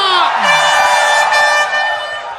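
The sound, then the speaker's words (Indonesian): A studio crowd of South Sumatra supporters cheers and shouts loudly for a couple of seconds, with steady, horn-like blaring tones running through the noise before it eases off slightly at the end. “Sumatera Selatan, mana teriakannya? Mana suara pendukungnya Rara?”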